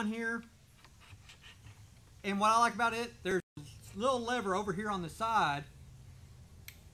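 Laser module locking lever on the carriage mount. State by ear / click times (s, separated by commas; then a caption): seated / 6.7 s. A small locking lever on the side of the laser head mount of an AlgoLaser Alpha 22W laser is flipped to lock the laser module in place on the carriage. Someone talks, then a sharp snap-like tick is heard at 6.7 s as the module seats and locks.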